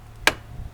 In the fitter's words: you hear that click that bulb is